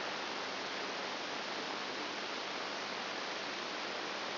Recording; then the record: brain microelectrode recording played as sound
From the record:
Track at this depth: outside the subthalamic nucleus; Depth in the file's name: 0.104 mm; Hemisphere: right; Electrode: 2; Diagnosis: Parkinson's disease